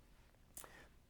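Someone presses the push-in tab on the center leg spreader of a Sirui SVS75 tripod, and it releases the spreader from the leg. A sharp click sounds at 0.6 s with a quieter tick right after, then a faint high ring fades over low background hiss. The tab releases.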